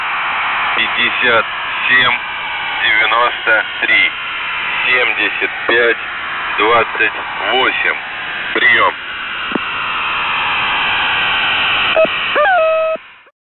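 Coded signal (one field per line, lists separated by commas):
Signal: coded military voice message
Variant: Russian, The Goose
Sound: voice reading a message over radio hiss, ending with short rising harmonic honk tones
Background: radio static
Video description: "The Goose" is a Russian military radiostation that broadcasts on 4310 kHz at daytime and on 3243 kHz at nighttime.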